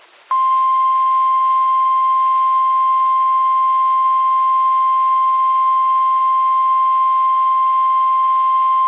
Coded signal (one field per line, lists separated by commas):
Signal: Emergency Alert System (SAME) tones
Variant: 1050 Hz attention tone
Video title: 6/18/25 NWS Cleveland Tornado Warning for Lorain, Erie counties EAS and Radar Loop